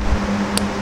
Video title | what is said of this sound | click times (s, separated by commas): How to Install WasteGate Actuator and Ethanol Content Sensor on a Focus RS | so click just like that and all you're gonna do is you're going to tug down on | 0.6 s